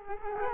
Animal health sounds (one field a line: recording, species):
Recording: mosquito wingbeat signal from an infrared sensor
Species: Culex quinquefasciatus